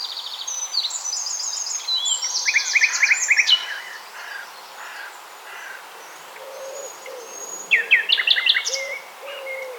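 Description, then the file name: Common nightingale song of quick, changing phrases: rattling trills, piping notes and a soft low whistle series, with a quiet pause in the middle. "Luscinia megarhynchos"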